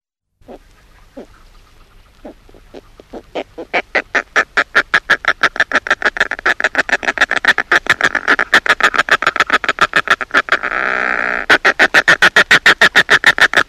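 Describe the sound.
Northern fulmar starting with a few spaced soft clucks that speed up and swell into a long, loud, rapid cackling chatter with a brief rasping stretch.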